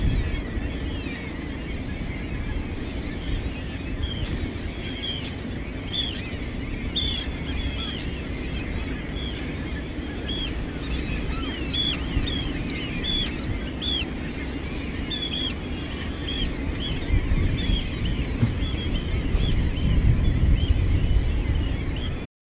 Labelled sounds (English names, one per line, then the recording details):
Arctic Tern call
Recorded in the wild
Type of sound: call
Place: Langenwerder, Mecklenburg-Vorpommern, DE
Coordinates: 54.027, 11.493
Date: 1969-06-07
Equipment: Nagra III BH, Sennheiser MD 421
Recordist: Schubert, Michael
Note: Seeschwalben-Alarm